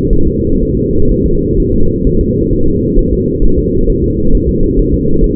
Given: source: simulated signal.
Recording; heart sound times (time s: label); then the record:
fetal heart sounds
0.13 s: S1
0.28 s: S2
0.62 s: S1
0.77 s: S2
1.12 s: S1
1.26 s: S2
1.60 s: S1
1.74 s: S2
2.07 s: S1
2.21 s: S2
2.53 s: S1
2.67 s: S2
2.99 s: S1
3.13 s: S2
3.44 s: S1
3.59 s: S2
3.90 s: S1
4.04 s: S2
4.35 s: S1
4.49 s: S2
4.79 s: S1
4.94 s: S2
5.24 s: S1
From the record:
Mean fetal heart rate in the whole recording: 130 bpm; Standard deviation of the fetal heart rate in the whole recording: 4 bpm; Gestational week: 38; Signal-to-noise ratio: -17.7 dB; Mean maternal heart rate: 72 bpm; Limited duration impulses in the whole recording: present